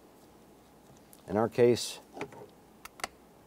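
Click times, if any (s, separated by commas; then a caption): 3.0 s. On the steering column of a 1995-2001 Ford Explorer, the combination switch connectors are pressed in and a plastic retaining clip is pushed home while someone talks. A few small ticks follow, then a sharp snap at 3.0 s as the clip seats in place.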